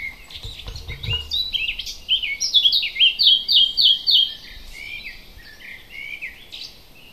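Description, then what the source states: A bird singing a lively warbling phrase of high chirps and quick trilled notes that fades toward the end, with some low knocking at the start. Native hedge bird recorded in May.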